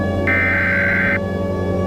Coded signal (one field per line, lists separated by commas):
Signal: Emergency Alert System (SAME) tones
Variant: header bursts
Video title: SOLAR ECLIPSE EAS SCENARIO